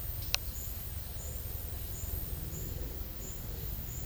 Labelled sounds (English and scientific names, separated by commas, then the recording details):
none
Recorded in secondary vegetation near Puerto Asís, Putumayo, Colombia, on 4 March 2025 at 11:30
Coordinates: 0.498, -76.327
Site G001